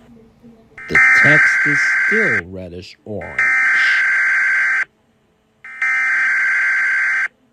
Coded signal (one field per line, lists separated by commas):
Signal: Emergency Alert System (SAME) tones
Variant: header bursts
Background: speech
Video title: Reacting To EAS Scenario #2: Global Hurricane Part One By Superstar Studios Animations